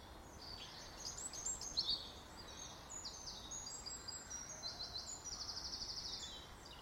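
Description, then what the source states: Birds singing, with assorted chirps followed by a fast, evenly repeated high trill near the end, over a constant hiss. In a garden.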